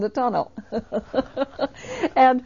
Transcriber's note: she laughs